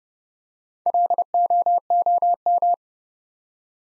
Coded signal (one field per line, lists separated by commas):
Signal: Morse code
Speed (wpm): 30 wpm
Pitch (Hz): 700 Hz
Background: none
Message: LOOM